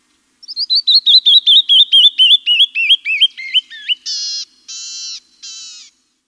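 Canyon wren song: a fast cascade of clear, slurred whistled notes gradually slowing and dropping in pitch, ending with three buzzy, harsh notes.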